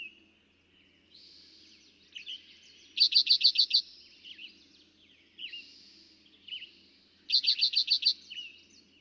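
Eastern Towhee song: two rapid, sharp trills of around seven notes, about four seconds apart, amid a busy chorus of thin whistles and twitters from other birds.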